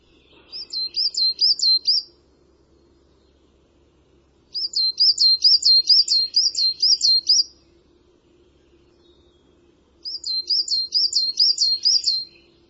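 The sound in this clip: Bird calling in three bursts of rapid, high chirps, each run lasting a few seconds with silent pauses between.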